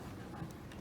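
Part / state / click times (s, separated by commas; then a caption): LED headlight bulb into the truck headlight housing / not seated / none. An LED headlight bulb is being handled at the headlight housing of a 2017-2019 Ford F-250 Super Duty, its base pushed flush into the housing hole to be turned clockwise until its tabs lock. Only low, steady background noise and faint handling ticks are heard, with a small tick near 0.7 s. Nothing has seated or locked in yet.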